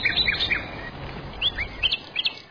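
Small birds chirp in quick, high-pitched bursts, a flurry of bright tweets at the start and more scattered calls toward the end, heard alone over a soft background.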